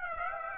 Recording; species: mosquito wingbeat signal from an infrared sensor; Aedes aegypti